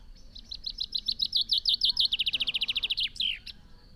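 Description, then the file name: Common Chaffinch song: a bright, high trill of repeated notes that speeds up into a faster run, ending with a short emphatic flourish. "Fringilla coelebs"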